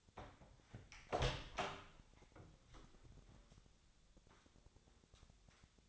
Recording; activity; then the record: daily activity, microphone in the room; open door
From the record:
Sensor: 3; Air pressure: 1007.5 hPa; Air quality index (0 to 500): 194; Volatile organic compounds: 15 ppm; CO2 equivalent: 2492 ppm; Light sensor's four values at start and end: 12/28/12/12 and 12/28/12/12